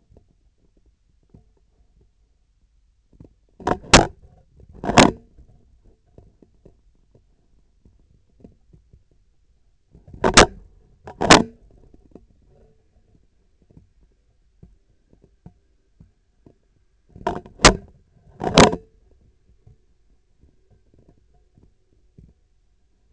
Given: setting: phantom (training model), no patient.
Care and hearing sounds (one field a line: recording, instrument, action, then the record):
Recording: laparoscopic instrument, vibration sensor on the handle end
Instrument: scissors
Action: opening and closing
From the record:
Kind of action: tool actuation without material contact